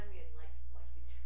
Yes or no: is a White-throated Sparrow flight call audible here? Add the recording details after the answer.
no. No flight call is heard. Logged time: 01:59 on 14 September 2014